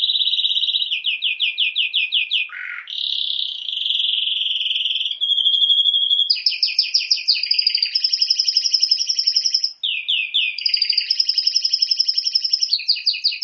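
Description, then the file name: Canary song: a rolling trill, a sharp low swoop, smooth rolls, a steady whistle, then long fast pulsed trills repeating to the end. "Canary Voice"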